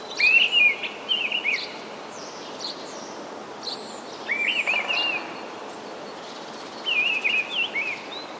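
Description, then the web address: Mistle thrush song: several loud, clear fluted phrases of rapid warbled notes, separated by pauses of varying length, with faint high notes behind. "wroblowe kolekcja paszkot"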